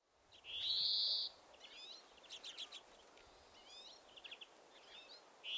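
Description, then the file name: European greenfinch giving a long, loud buzzy wheeze, followed by quieter twittering trills and chirps, with another wheeze starting at the end. "Chloris chloris"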